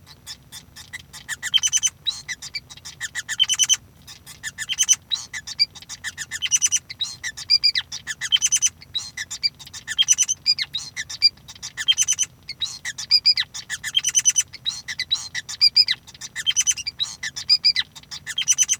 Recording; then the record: song of a male Bengalese finch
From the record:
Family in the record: son of father 5